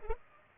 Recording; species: mosquito wingbeat signal from an infrared sensor; Culex pipiens